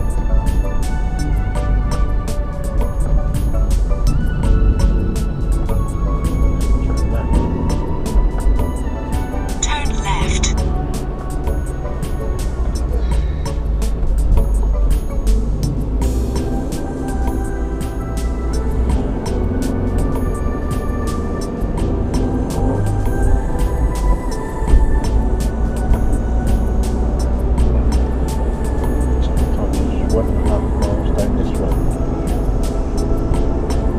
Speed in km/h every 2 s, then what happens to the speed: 24, 24, 21, 27, 32, 34, 29, 26, 26, 32, 42, 48, 48, 52, 55, 58, 60.
0-5 steady at about 24. 5-9 speeds up to 34. 9-14 slows to 26. 17-34 speeds up to 60.